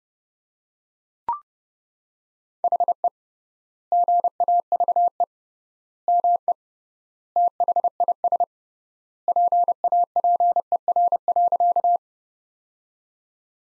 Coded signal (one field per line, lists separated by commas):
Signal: Morse code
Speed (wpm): 31 wpm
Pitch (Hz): 700 Hz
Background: none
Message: HE GAVE ME THIS PAPER.